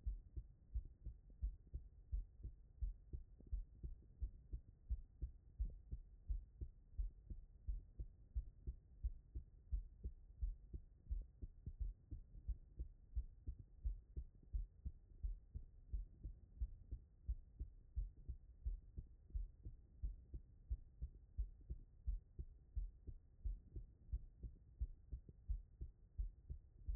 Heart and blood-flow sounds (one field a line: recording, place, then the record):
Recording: heart sounds by stethoscope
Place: tricuspid valve (TV)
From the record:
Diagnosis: non-HFrEF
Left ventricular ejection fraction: 67%